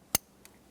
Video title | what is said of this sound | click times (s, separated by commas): How to Replace Downstream O2 Sensor 2004-2006 Scion XB | reconnect your O2 sensor listen for a click | 0.1 s